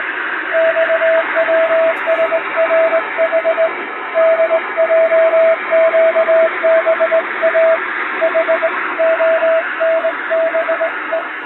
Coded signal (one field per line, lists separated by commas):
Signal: Morse code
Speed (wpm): 19 wpm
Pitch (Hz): 650 Hz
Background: radio noise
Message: XWSRH DJQBA HONBE